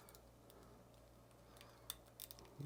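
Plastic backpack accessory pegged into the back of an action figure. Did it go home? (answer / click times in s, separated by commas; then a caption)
yes / 1.9 s. A plastic backpack accessory with pegs on its back is pressed onto the back of an action figure. After quiet handling ticks, a sharp snap at 1.9 s marks the pegs seating into the figure's back, followed by a few lighter plastic clicks. The backpack is seated.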